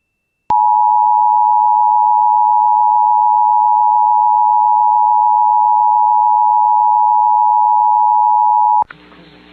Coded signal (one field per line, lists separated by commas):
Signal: Emergency Alert System (SAME) tones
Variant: 853 and 960 Hz attention tone